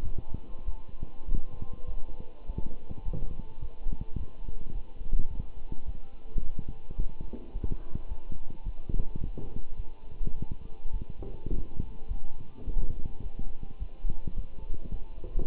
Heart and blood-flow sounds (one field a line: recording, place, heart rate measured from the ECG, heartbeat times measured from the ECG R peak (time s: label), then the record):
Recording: heart sounds by stethoscope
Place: between the tricuspid and mitral areas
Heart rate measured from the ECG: 105 bpm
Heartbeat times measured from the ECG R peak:
0.04 s: heartbeat
0.66 s: heartbeat
1.27 s: heartbeat
1.87 s: heartbeat
2.46 s: heartbeat
3.05 s: heartbeat
3.61 s: heartbeat
4.17 s: heartbeat
4.74 s: heartbeat
5.30 s: heartbeat
5.86 s: heartbeat
6.42 s: heartbeat
6.97 s: heartbeat
7.53 s: heartbeat
8.08 s: heartbeat
8.65 s: heartbeat
9.20 s: heartbeat
9.77 s: heartbeat
10.35 s: heartbeat
10.93 s: heartbeat
11.50 s: heartbeat
12.08 s: heartbeat
12.66 s: heartbeat
13.23 s: heartbeat
13.79 s: heartbeat
14.36 s: heartbeat
14.91 s: heartbeat
From the record:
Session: walking at 3.7 km/h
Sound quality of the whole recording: good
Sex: male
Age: 24 years